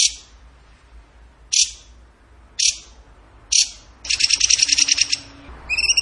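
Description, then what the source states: Bird song of sharp, high chip notes about a second apart, followed by a quick buzzy trill and a few clear, ringing whistled notes. Bird song in the tembakan gacor style, used for masteran training.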